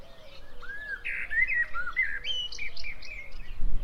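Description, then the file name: Common blackbird delivering a flowing series of mellow, slurred whistles that rise and fall. "Turdus merula"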